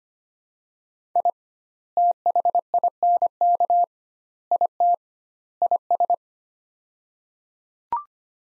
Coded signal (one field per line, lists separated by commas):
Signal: Morse code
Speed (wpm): 25 wpm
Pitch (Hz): 700 Hz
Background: none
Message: I THINK IT IS